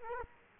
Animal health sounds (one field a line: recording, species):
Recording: mosquito wingbeat signal from an infrared sensor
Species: Culex quinquefasciatus